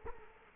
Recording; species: mosquito wingbeat signal from an infrared sensor; Culex quinquefasciatus